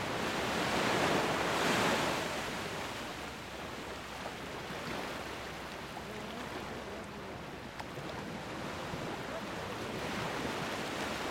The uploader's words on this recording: This week's episode is 30 minutes of ocean waves coming to shore while people play in the background. Sound: ocean waves, people talking, water sounds.